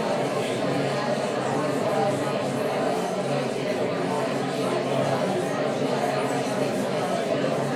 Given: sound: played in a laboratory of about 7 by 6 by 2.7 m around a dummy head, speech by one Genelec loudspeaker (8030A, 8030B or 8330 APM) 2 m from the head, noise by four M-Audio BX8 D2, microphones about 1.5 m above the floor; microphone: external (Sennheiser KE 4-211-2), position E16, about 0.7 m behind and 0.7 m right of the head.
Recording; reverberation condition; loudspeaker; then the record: babble noise; medium; four, about 170 cm from the corners of the room and facing them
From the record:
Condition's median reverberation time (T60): about 510 ms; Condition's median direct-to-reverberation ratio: about -0.5 dB